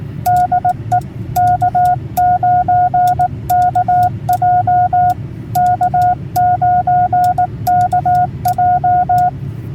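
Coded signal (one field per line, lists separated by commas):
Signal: Morse code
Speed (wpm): 19 wpm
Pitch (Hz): 720 Hz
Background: none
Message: DE K9KJ K9KJ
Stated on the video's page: CW-only POTA park activation on a TarHeel antenna installation, with storms rolling in.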